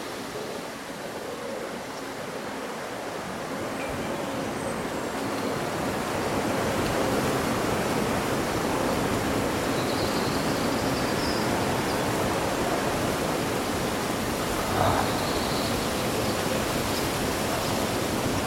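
Wind rushes steadily through leaves in a dense, unbroken hiss that builds slightly early on, with faint bird calls around ten and fifteen seconds.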